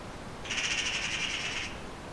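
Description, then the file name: Eurasian magpie giving a single harsh, rattling chatter of about a dozen quick buzzy pulses lasting just over a second, against a faint hiss. "Pica pica"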